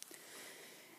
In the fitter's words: to pull this back fin all the way to the back until it locks in place like so